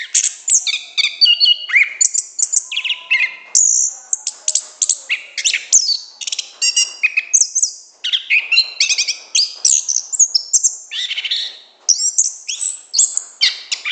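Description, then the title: Orange-headed thrush song of fast, varied high-pitched whistles and chattering trills, delivered in an unbroken, energetic stream with a few short gaps. Continuous, loud, open song, called gacor ngeplong in Indonesian bird-keeping terms. "Anis Kembang Gacor Ngeplong Istimewa Suara Burung"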